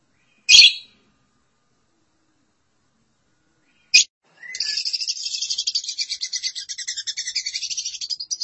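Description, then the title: Lovebird with two sharp high chirps, then a long rapid chattering song of harsh, buzzy pulsed notes continuing to the end. "BM Suara Burung Lovebird"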